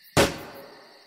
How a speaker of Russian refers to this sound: В безмолвии ночного леса звук выстрела прозвучал оглушающе.